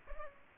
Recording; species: mosquito wingbeat signal from an infrared sensor; Culex pipiens